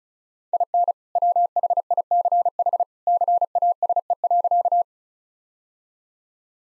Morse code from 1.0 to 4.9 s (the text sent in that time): WHICH CASE.